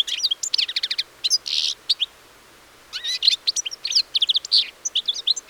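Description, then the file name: European Goldfinch twittering song with tinkling chirps, a harsh buzzy note and rising slurred whistles, a short gap midway. "Carduelis carduelis"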